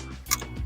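The plastic multi-pin connector of a steering wheel decoder box is pushed straight into its mating socket on an aftermarket Amazon head unit harness for an Audi TTS Mk2 8J. A sharp, short click rings out at 0.3 s, and the connector is seated.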